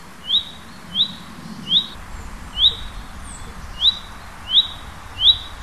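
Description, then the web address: Bird with short, sharp high notes, repeated about every three-quarters of a second to a second, over a soft low background rumble. Native hedge bird, recorded in March. "hecke vogel maerz"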